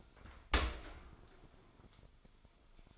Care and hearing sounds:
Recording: daily activity, microphone in the room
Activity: open dishwasher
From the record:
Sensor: 5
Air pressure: 1003.2 hPa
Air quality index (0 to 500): 128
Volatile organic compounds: 1 ppm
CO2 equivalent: 941 ppm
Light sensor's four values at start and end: 68/164/68/76 and 65/157/66/73

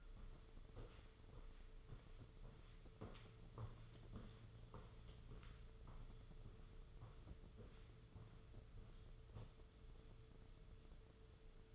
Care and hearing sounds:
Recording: daily activity, microphone in the room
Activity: walk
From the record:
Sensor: 4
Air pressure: 995.2 hPa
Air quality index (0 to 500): 205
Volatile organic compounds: 181 ppm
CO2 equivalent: 4146 ppm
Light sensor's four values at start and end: 12/30/11/13 and 12/30/11/13

